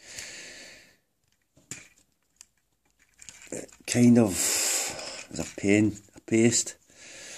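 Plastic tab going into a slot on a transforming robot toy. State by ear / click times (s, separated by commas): not seated / none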